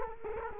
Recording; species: mosquito wingbeat signal from an infrared sensor; Culex quinquefasciatus